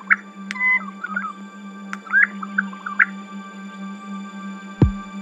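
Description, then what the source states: Regent Honeyeater song: sparse, short whistled and chirping notes at irregular intervals over a steady low hum, ending with a sharp thump. Male singing in the wild in the Kapiti Valley; sounds like du, du, du, du, du; has the correct song components researchers want released birds to imitate through song tutoring.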